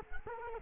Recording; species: mosquito wingbeat signal from an infrared sensor; Culex quinquefasciatus